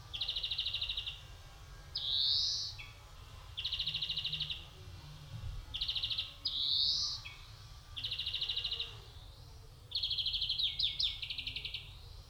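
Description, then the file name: European greenfinch alternates steady trills with drawn-out wheezy notes that rise sharply, the pattern repeating roughly every four seconds, with a final jumbled trill. "Chloris chloris"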